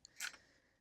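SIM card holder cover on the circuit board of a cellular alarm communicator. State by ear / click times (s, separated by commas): seated / 0.1 s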